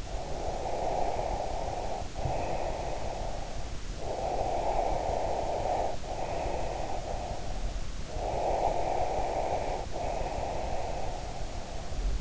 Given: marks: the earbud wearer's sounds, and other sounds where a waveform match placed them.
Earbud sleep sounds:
sounds in sleep by an in-ear microphone; breath
0.00-3.77 s: breath
3.93-7.83 s: breath
8.02-12.21 s: breath

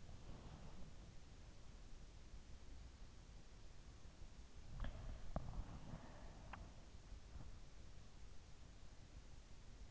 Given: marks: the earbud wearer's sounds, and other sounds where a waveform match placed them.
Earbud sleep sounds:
sounds in sleep by an in-ear microphone; breath
0.00-1.39 s: breath
4.43-7.30 s: breath

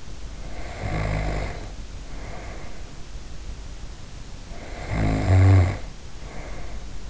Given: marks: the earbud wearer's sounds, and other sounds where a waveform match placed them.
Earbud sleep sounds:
sounds in sleep by an in-ear microphone; snoring breath
0.16-3.16 s: snoring breath
4.43-7.10 s: snoring breath

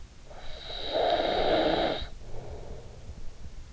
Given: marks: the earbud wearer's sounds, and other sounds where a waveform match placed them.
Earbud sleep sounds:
sounds in sleep by an in-ear microphone; snoring breath
0.24-3.50 s: snoring breath

